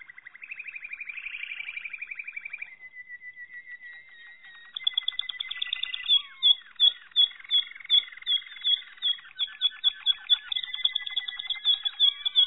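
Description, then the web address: Malinois canary song: a rapid buzzy trill, then a level rolling tour, followed by crisp chirps repeated at a quick pace over continued trilling. "~joaopt canarios racas canto malinoisv"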